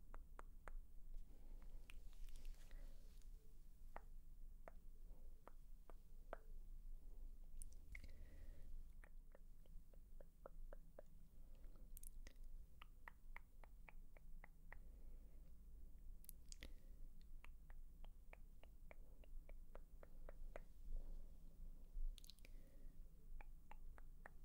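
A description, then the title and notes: Assorted mouth sounds: a steady run of crisp clicks and tongue taps, often in quick bursts, with a few wetter smacks and soft hissy breaths around the 8, 12, 16 and 22 second marks. A low murmur sits underneath throughout. Assorted Mouth Sounds ~ (Sk, Tk, Shh, Kissing etc).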